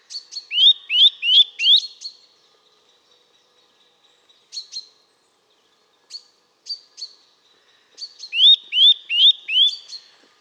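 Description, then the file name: Eurasian nuthatch calling in bursts of rising whistles, with scattered sharper short notes between the loud series. "Sitta europaea"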